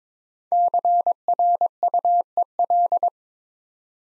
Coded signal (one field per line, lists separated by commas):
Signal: Morse code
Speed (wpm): 23 wpm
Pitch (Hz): 700 Hz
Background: none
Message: CRUEL